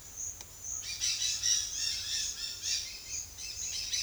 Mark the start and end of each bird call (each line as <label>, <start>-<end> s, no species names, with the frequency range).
bird call (1.2-8.5 kHz), 0.88-4.03 s